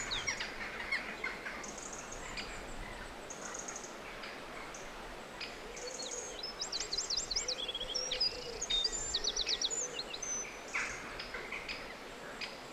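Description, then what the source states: Bird song: scattered chirps and ticks, with a burst of fast high trills and short whistles in the middle. Forest birdsong.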